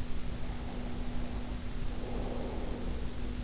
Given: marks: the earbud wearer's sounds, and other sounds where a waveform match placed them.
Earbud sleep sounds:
sounds in sleep by an in-ear microphone; breath
0.30-3.41 s: breath

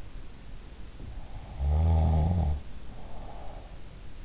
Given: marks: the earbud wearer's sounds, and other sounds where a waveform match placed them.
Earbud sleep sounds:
sounds in sleep by an in-ear microphone; snoring breath
1.40-3.97 s: snoring breath

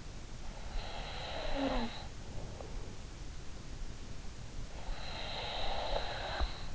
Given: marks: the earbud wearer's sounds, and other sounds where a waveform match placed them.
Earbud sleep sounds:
sounds in sleep by an in-ear microphone; snoring breath, breath
0.19-2.42 s: snoring breath
4.42-6.75 s: breath

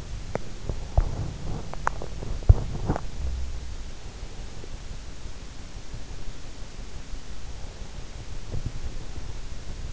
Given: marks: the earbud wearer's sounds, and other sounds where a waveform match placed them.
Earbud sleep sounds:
sounds in sleep by an in-ear microphone; teeth grinding
0.00-3.40 s: teeth grinding
8.29-8.92 s: sound from someone else or the room

